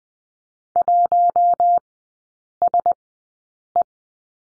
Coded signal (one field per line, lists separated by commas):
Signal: Morse code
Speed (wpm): 20 wpm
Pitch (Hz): 700 Hz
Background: none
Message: 1SE